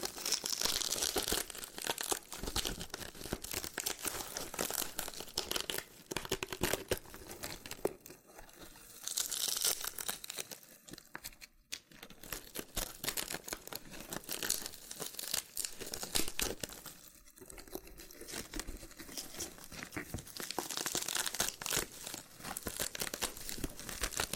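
A loofah being handled, with dense crinkling, peeling and crunching sounds that run almost without pause across the whole stretch. The texture is bright and scratchy, made of rapid small pops and tears, with brief quieter gaps near 11 and 17 seconds.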